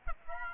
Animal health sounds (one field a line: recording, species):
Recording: mosquito wingbeat signal from an infrared sensor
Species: Aedes aegypti